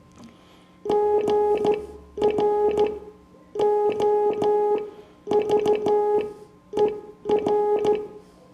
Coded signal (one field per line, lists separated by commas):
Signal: Morse code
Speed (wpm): 13 wpm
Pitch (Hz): 420 Hz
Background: music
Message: GROVER